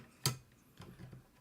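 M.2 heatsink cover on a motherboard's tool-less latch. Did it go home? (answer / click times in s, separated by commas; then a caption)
yes / 0.3 s. A tool-less M.2 heatsink cover is pushed home onto an X870E Taichi motherboard, and its latch gives one sharp, loud click at 0.3 s. A few softer, duller taps follow at about 0.8, 1.0 and 1.1 s, and the cover is seated.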